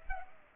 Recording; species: mosquito wingbeat signal from an infrared sensor; Culex pipiens